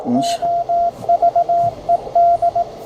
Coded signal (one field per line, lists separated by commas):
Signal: Morse code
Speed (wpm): 17 wpm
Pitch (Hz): 690 Hz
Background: speech, radio noise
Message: OVED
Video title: Morse Code Reader/Microcode Part 2